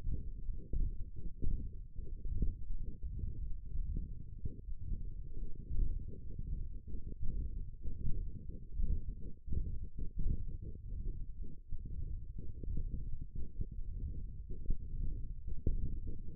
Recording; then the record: forearm muscle sounds (acoustic myography)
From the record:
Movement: hand closing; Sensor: system 1, eight BSWA MPA416 microphones around the upper forearm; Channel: 7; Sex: male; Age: 23 years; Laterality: right